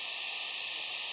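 Henslow's sparrow giving a single very high, thin call lasting about a fifth of a second, over a steady background hiss.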